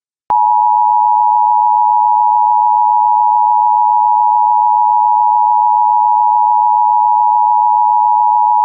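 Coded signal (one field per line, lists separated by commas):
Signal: Emergency Alert System (SAME) tones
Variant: 853 and 960 Hz attention tone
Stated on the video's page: Fictional Emergency Alert System scenario, not a real alert.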